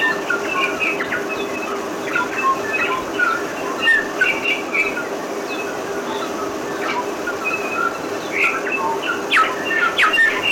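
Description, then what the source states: Bellbird singing clear, liquid notes and short chimes in scattered phrases, with a steady low hum underneath throughout. Three Kings Islands population of bellbird.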